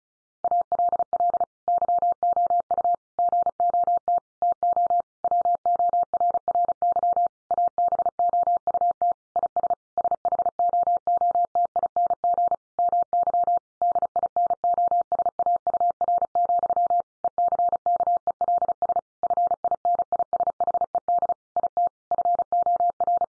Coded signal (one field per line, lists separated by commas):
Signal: Morse code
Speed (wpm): 34 wpm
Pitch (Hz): 700 Hz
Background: none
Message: ALL YOU GOT TO WORRY ABOUT IS SHOOTING MY DINOSAUR, ECKELS FINISHED IT FOR